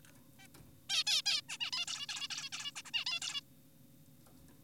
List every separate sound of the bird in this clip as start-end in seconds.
0.39-0.47, 0.90-1.04, 1.07-1.22, 1.26-1.41, 1.49-1.58, 1.60-1.71, 1.73-1.86, 1.88-2.06, 2.09-2.28, 2.30-2.50, 2.52-2.72, 2.76-2.82, 2.85-2.91, 2.94-3.05, 3.06-3.20, 3.22-3.41